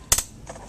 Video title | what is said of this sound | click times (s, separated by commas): How to assemble a Graco Lovin' Hug® Infant Swing | these will automatically depress press the minute so you hear it click there you go | 0.1 s